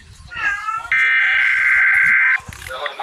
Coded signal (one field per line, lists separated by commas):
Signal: Emergency Alert System (SAME) tones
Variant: header bursts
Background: speech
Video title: eas scenario :2 Indonesia fells away